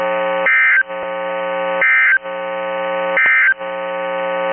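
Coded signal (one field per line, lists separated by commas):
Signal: Emergency Alert System (SAME) tones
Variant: end-of-message bursts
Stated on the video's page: Required weekly test received on weather radio station KEC73.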